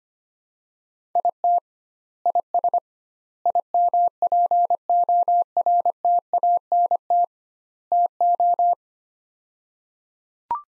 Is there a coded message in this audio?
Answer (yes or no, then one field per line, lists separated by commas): yes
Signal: Morse code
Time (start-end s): 1.2-8.7 s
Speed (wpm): 25 wpm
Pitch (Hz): 700 Hz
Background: none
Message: IT IS IMPORTANT TO